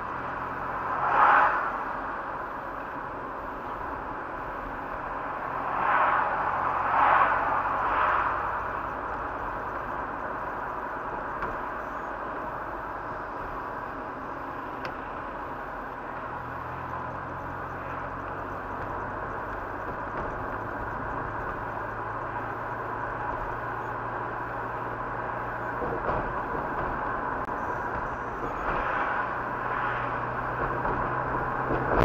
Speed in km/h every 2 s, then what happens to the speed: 29, 29, 29, 31, 33, 33, 31, 27, 29, 33, 35, 37, 38, 39, 39, 42.
0-15 steady at about 29. 15-32 speeds up to 42.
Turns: none.